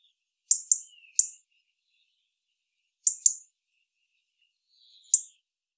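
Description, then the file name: European robin uttering sharp high ticks, singly or in pairs, with pauses of about two seconds, and soft thin notes between them. "Erithacus rubecula"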